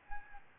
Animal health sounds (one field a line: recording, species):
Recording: mosquito wingbeat signal from an infrared sensor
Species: Aedes albopictus